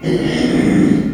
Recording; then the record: squeal of a Yucatan mini pig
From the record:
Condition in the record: after surgery on the right vocal fold (resection and tissue-engineered implant); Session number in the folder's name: 2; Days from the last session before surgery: 13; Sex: male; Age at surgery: 12 weeks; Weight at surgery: 13 kg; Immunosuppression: cyclosporine, prednisolone